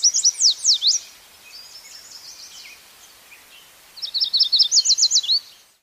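Yellow warbler song, a bright series of high sweet slurred notes, then a quieter thin warble, then a second fast run of sharp rising and falling notes.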